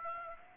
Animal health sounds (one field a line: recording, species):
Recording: mosquito wingbeat signal from an infrared sensor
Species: Aedes aegypti